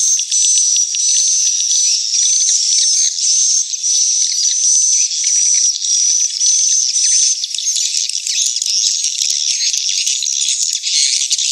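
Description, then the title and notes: Swiftlet twittering, a continuous flock chorus of quick high chirps and buzzy notes with a faint steady whistle. Swiftlet house sound of the AKAU brand, Tien Giang, Vietnam. "Am thanh nha yen Akau Vietnam - Tien giang. Những âm thanh chim yến thuộc thương hiệu AKAU"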